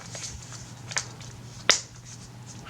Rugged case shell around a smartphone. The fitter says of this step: the snap there snap there